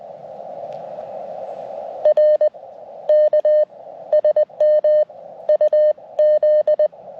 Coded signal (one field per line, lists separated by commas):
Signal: Morse code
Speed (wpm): 20 wpm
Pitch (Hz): 610 Hz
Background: radio noise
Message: R K SM UZ